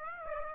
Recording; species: mosquito wingbeat signal from an infrared sensor; Aedes aegypti